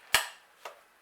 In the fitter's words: easily snaps into place you can use one hand the straps